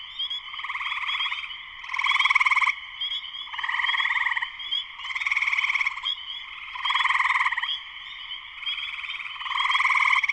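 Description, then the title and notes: Spring peepers calling in a thick chorus, steady thin upslurred peeps over rasping pulsed trills that surge and fade in repeated waves. Full chorus shortly after sunset in Sleeping Bear Dunes National Lakeshore, northern Michigan, USA; recorded by Darrin Wassom. "Spring peepers (chorus frogs) in concert. Spring peepers (chorus frogs) in full chorus shortly after sunset in the Sleeping Bear Dunes National Lakeshore in northern Michigan, USA. Recorded by Darrin Wassom. Music for Sleep"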